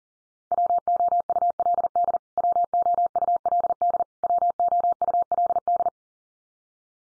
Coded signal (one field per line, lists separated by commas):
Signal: Morse code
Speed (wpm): 40 wpm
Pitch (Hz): 700 Hz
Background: none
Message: WOULD WOULD WOULD